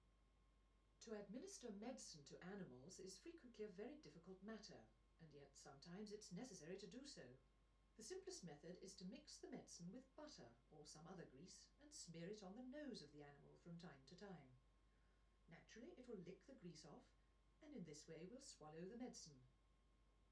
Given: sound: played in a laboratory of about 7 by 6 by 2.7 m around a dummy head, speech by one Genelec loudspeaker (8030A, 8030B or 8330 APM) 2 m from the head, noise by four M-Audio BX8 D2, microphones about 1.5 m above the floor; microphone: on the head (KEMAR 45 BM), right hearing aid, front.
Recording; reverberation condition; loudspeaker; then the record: female speech in English; low; 30 degrees to the left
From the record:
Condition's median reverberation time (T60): about 310 ms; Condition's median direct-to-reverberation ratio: about 3.5 dB